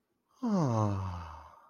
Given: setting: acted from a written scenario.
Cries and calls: vocal sound without words; contentment

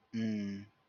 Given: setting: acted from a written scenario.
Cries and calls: vocal sound without words; neutral

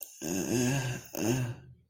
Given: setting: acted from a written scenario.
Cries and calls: vocal sound without words; fear

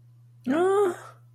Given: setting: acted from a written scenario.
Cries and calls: vocal sound without words; distress

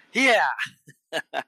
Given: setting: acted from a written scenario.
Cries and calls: vocal sound without words; triumph

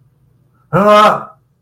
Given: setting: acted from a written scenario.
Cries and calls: vocal sound without words; distress

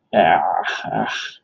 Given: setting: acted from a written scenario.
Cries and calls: vocal sound without words; disgust

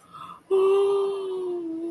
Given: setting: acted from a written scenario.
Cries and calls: vocal sound without words; awe

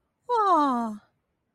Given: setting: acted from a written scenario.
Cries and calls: vocal sound without words; adoration

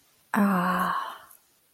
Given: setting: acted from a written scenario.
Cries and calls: vocal sound without words; serenity

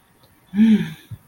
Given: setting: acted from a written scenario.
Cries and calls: vocal sound without words; romantic love

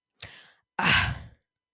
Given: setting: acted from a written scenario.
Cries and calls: vocal sound without words; realization

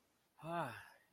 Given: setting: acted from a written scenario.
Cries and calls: vocal sound without words; contentment

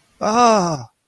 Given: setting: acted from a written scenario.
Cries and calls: vocal sound without words; elation

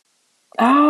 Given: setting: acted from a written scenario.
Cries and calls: vocal sound without words; shame

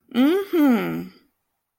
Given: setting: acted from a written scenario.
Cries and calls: vocal sound without words; pride

